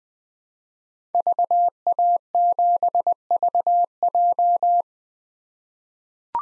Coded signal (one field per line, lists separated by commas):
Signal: Morse code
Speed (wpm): 20 wpm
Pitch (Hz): 700 Hz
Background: none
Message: VA7VJ